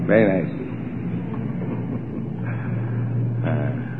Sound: chuckles